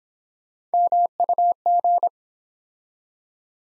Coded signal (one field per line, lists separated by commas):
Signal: Morse code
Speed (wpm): 26 wpm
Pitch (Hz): 700 Hz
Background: none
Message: MUG